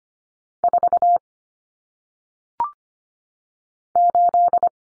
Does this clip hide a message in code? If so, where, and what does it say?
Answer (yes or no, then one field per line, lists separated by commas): yes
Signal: Morse code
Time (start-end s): 0.6-4.7 s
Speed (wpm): 25 wpm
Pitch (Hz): 700 Hz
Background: none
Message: 4 8